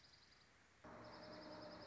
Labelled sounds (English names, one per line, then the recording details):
Dark-eyed Junco
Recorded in Sonoma County, California